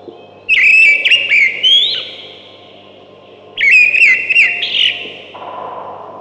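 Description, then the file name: Ring ouzel song in two bright whistled phrases of several piping notes, each ending in a short rising flourish, about three seconds apart. "дрозд белозобый"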